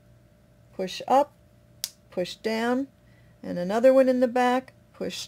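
The back snap clip of a wig hair topper is pushed up and then down into the wearer's hair at the back while someone talks. A sharp snap is heard at 1.8 s as the clip snaps closed and seats.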